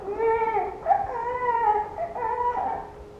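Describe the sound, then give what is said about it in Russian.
A baby cries in a few drawn-out, wavering wails that rise and fall in pitch, with brief catches between them and steady loudness throughout, no talking over it. “Как надо плакать, так и затих.”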